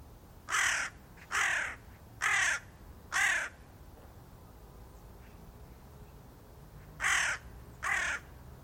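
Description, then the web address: Bird uttering loud raspy caws, four in quick succession, a pause of several seconds, then two more. "cianscape. Deverinetal 2025. Bird Only"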